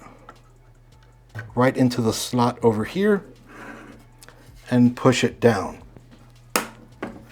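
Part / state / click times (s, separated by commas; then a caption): RAM module into motherboard DIMM slot / seated / 6.6 s. Someone talks while a RAM memory module is slid and pushed down into a motherboard DIMM slot. The retention latch snaps with a sharp click at 6.6 s, and the module is seated and locked in place.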